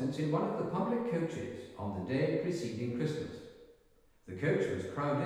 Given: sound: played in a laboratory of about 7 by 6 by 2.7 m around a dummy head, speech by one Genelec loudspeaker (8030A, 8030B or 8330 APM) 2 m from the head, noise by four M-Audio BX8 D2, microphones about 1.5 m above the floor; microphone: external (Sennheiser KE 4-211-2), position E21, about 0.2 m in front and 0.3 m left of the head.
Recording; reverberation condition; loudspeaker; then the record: male speech in English; high; 120 degrees to the right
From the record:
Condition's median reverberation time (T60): about 1300 ms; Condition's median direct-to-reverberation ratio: about -4.0 dB